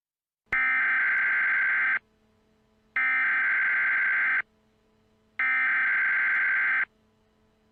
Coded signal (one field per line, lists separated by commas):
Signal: Emergency Alert System (SAME) tones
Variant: header bursts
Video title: All EAS Scenario Videos (PART 1)